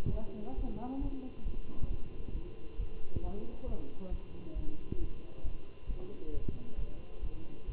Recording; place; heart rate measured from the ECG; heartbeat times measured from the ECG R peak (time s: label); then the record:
heart sounds by stethoscope; between the tricuspid and mitral areas; 135 bpm
0.12 s: heartbeat
0.57 s: heartbeat
1.01 s: heartbeat
1.45 s: heartbeat
1.89 s: heartbeat
2.34 s: heartbeat
2.78 s: heartbeat
3.22 s: heartbeat
3.66 s: heartbeat
4.10 s: heartbeat
4.55 s: heartbeat
4.99 s: heartbeat
5.43 s: heartbeat
5.88 s: heartbeat
6.33 s: heartbeat
6.77 s: heartbeat
7.22 s: heartbeat
7.67 s: heartbeat
From the record:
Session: Bruce protocol treadmill stress test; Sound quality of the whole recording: good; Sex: male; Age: 23 years